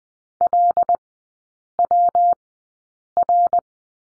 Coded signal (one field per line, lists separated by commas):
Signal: Morse code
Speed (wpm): 20 wpm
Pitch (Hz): 700 Hz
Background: none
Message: LWR